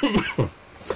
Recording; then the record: coughing mixed with background sound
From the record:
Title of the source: Dry Afternoon Cough